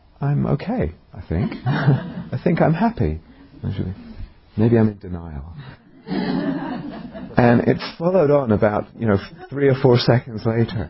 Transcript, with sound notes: I'm okay, I think. I think I'm happy... Maybe I'm in denial." [laughter] It followed on about three or four seconds later,